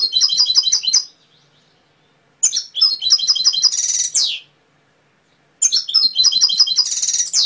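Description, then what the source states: Canary song in three bursts of rapid high trills, one ending in a harsh buzzy roll that slides downward, separated by pauses of silence. Canary masteran (training) song with full fill-ins (isian), for teaching canaries to sing.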